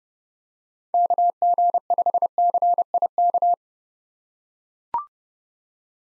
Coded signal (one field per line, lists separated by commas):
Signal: Morse code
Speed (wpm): 30 wpm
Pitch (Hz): 700 Hz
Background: none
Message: KG5CIK